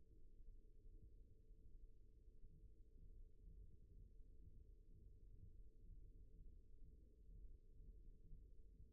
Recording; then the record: forearm muscle sounds (acoustic myography)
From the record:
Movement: rest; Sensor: system 1, eight BSWA MPA416 microphones around the upper forearm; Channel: 2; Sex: male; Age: 54 years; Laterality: right